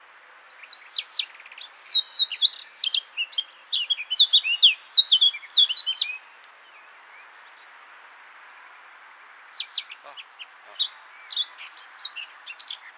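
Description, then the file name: Eurasian blackcap song: a long, varied warbling phrase that grows louder, then a pause, then another phrase begins. "Sylvia atricapilla"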